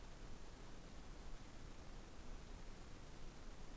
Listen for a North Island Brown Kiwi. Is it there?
no